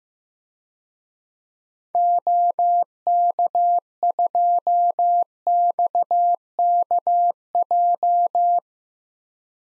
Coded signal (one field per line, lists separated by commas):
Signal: Morse code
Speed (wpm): 16 wpm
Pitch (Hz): 700 Hz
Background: none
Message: OK2XKJ